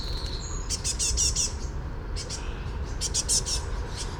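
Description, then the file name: Great tit harsh calls, rapid buzzy ticking bursts in several clusters, the first preceded by a short high whistle, over a steady low rumble. "Parus major"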